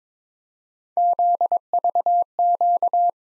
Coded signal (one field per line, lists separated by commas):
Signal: Morse code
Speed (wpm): 22 wpm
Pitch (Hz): 700 Hz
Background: none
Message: ZVQ